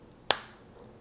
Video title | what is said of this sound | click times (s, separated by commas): Ultimate Motovlog Helmet Setup: Insta360 Ace Pro | Pops into place. | 0.3 s